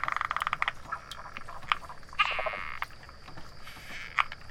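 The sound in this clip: Latouche's frog: a quick string of clicking pulses, then a few scattered rasping notes and knocks, with a faint steady high tone behind.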